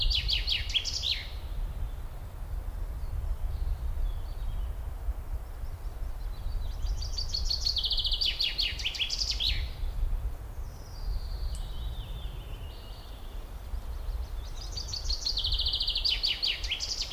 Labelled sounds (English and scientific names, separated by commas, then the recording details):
Common Chaffinch (Fringilla coelebs) song
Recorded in the wild
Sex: male
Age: adult
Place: Bötzow - Krämer, Brandenburg, DE
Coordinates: 52.6736, 13.0725
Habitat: forest
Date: 1997-05-18 15:22
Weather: sunny, 27°C, partially light winds
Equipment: Sony MD-WM MZ-R3, Sennheiser MKH 416 T, Kopie Uher 4000 Report Monitor
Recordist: Tembrock, Günter